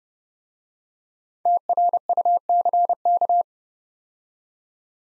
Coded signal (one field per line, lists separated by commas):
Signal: Morse code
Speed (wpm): 30 wpm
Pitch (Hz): 700 Hz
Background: none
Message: TRUCK